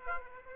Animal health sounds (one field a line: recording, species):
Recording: mosquito wingbeat signal from an infrared sensor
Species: Aedes aegypti